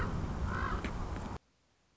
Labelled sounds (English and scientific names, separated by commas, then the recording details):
Common Raven (Corvus corax)
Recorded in Sonoma County, California